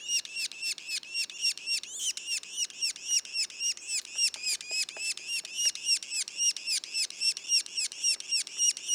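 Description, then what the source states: Yellow-bellied sapsucker calls: a long fast train of high, buzzy arched notes, nearly four each second, with faint low clicks in the background. Juveniles, recorded in Mont-Orford National Park, Quebec.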